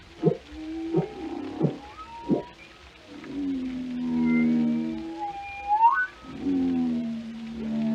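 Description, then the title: Whale sounds opening with four quick knocking pulses, then a long low moan, a squealing upward sweep, and another sustained moan. "Journey to the Depths: Discovering the World of Whales"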